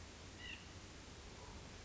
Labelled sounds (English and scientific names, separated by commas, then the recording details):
White-breasted Nuthatch (Sitta carolinensis)
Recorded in Sonoma County, California